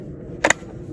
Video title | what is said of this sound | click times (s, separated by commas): Ken's tool shed: Stiga chainsaw CS 100e review | in you heard it click that's the power now | 0.4 s, 0.5 s